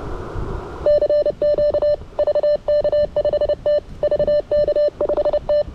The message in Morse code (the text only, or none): CQ VK5T VK5T